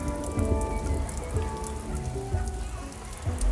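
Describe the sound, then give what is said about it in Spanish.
Steady rainstorm with a dense, hissing patter of drops on a surface, holding an even loudness throughout, with faint sustained tones underneath. “Aún a pesar de la tormenta, te invito a que te vengas más al sur.”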